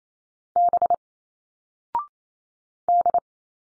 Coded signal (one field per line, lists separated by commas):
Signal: Morse code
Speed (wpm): 28 wpm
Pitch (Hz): 700 Hz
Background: none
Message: B D